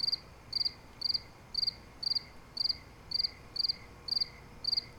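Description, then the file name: Crickets chirping in steady bursts of rapid high pulses, about two bursts each second, over a faint hum of other insects. Crickets recorded together with other insects. "Crickets Chirping With Other Bugs"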